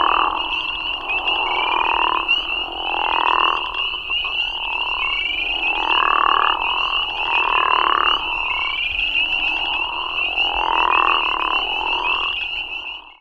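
Crawfish frog chorus: loud, rough snore-like calls repeating in overlapping waves, backed by a steady high-pitched trilling chorus.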